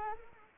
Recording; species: mosquito wingbeat signal from an infrared sensor; Anopheles arabiensis